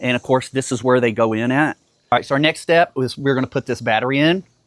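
Someone talks about fitting a 21V battery pack onto a cordless string trimmer, with only speech and a short pause heard. The battery has not yet been slid on, and nothing has seated or clicked into place.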